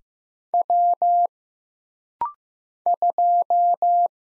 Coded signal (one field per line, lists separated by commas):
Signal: Morse code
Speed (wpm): 15 wpm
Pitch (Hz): 700 Hz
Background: none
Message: W 2